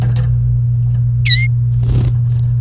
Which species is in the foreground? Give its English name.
Domestic Canary